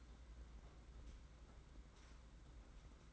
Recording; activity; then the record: daily activity, microphone in the room; open fridge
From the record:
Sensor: 3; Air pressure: 991.9 hPa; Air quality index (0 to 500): 216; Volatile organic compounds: 1000 ppm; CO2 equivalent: 7378 ppm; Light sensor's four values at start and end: 33/99/40/34 and 34/99/40/34